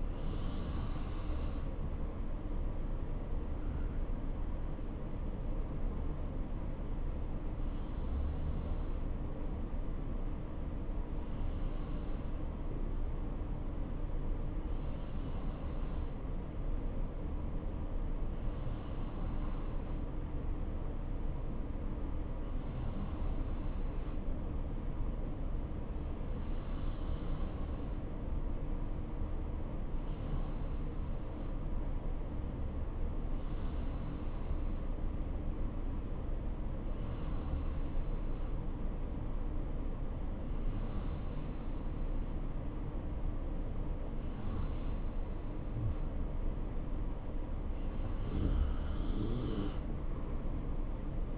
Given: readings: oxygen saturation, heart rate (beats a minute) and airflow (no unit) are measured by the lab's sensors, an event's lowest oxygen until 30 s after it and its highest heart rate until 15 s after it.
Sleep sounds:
breathing in sleep by a smartphone at the bedside; 1
6.00-47.10 s: hypopnea (N2, oxygen 93% highest, then 90% lowest, heart rate 71 at the start, 71 highest)
From the record:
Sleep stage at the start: N2 (light sleep); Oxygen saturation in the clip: 89 to 93%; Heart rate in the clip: 59 to 71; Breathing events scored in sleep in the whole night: 277 in 7.4 hours asleep

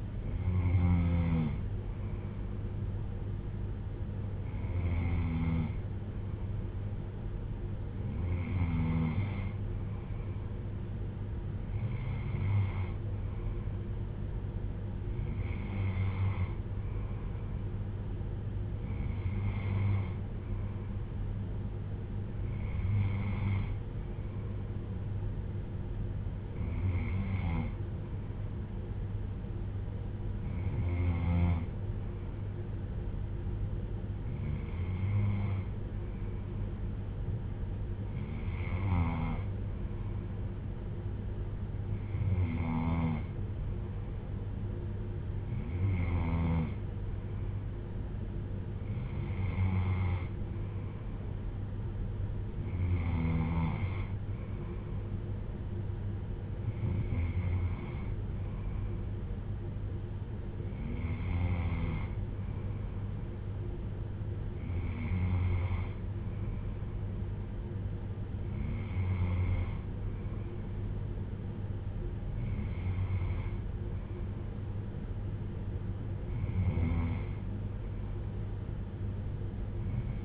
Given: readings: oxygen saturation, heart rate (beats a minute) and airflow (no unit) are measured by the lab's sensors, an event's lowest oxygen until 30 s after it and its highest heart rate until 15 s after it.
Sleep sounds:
breathing in sleep by a smartphone at the bedside; none
none scored
From the record:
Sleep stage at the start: N2 (light sleep); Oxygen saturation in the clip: 94 to 95%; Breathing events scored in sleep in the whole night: 310 in 8.1 hours asleep

